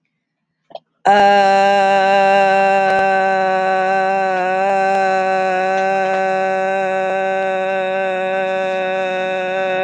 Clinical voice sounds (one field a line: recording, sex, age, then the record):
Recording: vowel held as long as possible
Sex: female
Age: 50 to 59 years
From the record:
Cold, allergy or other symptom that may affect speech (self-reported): no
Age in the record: 58 years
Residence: Iowa, United States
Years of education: 12